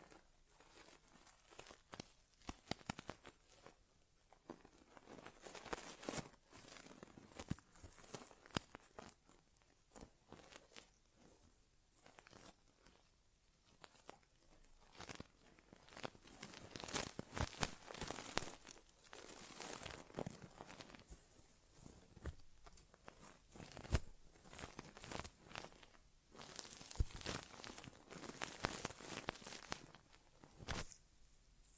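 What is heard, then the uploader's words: Ear exam sounds: dense, irregular crackling and scratching, like material rubbing and tearing near the ear. Bursts come in uneven clusters throughout, with brief quieter gaps, with no voices. ASMR Inner Ear Exam (No Talking).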